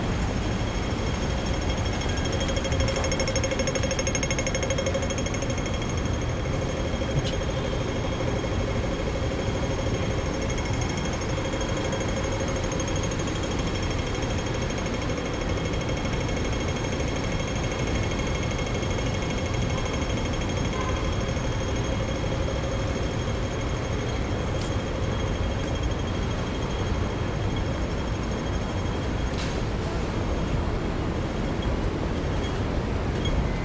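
Steady traffic roar on a busy city road, a dense low rumble that holds at the same level throughout with no pauses. Faint high whines and tones run continuously above it, with occasional brief clicks and knocks near the middle and end.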